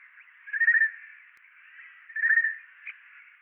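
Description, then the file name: Eurasian jay giving two harsh, rasping screeches about a second and a half apart, each lasting under half a second, followed by a brief softer note. "Garrulus glandarius"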